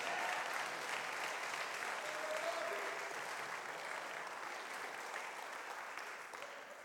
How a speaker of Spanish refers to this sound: Déselo fuerte el aplauso.